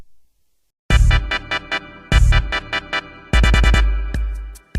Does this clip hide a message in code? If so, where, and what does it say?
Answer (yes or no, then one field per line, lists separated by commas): no